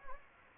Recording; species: mosquito wingbeat signal from an infrared sensor; Anopheles gambiae